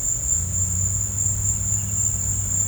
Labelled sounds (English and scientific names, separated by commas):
none